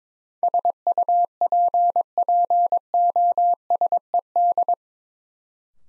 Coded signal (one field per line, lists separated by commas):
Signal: Morse code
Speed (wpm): 22 wpm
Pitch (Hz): 700 Hz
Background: none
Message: SUPPOSED